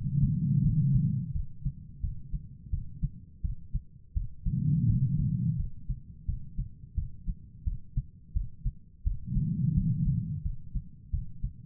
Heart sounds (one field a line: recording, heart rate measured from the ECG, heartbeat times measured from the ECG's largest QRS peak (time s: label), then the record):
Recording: heart sounds by stethoscope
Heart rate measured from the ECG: 86 bpm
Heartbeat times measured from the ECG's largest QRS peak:
0.62 s: heartbeat
1.33 s: heartbeat
2.01 s: heartbeat
2.71 s: heartbeat
3.42 s: heartbeat
4.14 s: heartbeat
4.87 s: heartbeat
5.57 s: heartbeat
6.26 s: heartbeat
6.95 s: heartbeat
7.64 s: heartbeat
8.34 s: heartbeat
9.04 s: heartbeat
9.74 s: heartbeat
10.43 s: heartbeat
11.11 s: heartbeat
From the record:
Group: healthy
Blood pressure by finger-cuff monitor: 111/79 mmHg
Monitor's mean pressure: 91 mmHg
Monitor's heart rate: 86 bpm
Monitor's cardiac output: 4.9 L/min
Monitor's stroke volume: 57 mL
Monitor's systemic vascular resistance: 1380 dyn s/cm5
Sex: female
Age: 51 years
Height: 162 cm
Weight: 70.04 kg